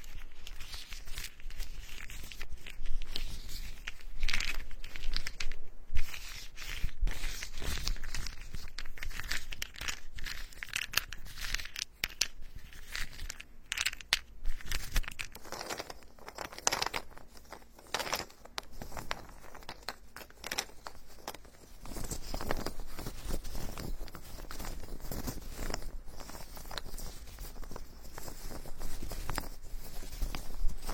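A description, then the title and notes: Ear picking and ear massage sounds: dense, crackly scratching and rustling that continues for the whole clip with no pauses. The strokes are quick and irregular, with sharper, louder bursts near 3, 6 and 14 seconds, over a faint low rumble. Tree Ear Picking Supreme Spa Ear Massage.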